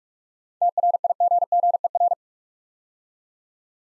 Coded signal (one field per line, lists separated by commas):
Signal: Morse code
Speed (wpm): 44 wpm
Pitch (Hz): 700 Hz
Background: none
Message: TRIGGER